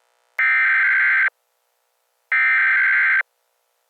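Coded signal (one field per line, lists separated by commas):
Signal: Emergency Alert System (SAME) tones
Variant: header bursts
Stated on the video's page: Fictional EAS scenario, a simulated New York blizzard alert.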